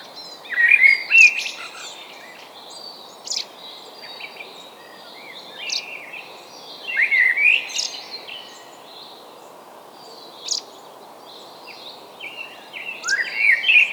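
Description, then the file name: Common blackbird song, low fluted warbling phrases ending in thin twitters, repeated about every six seconds, with other birds chirping in the background. "Turdus merula"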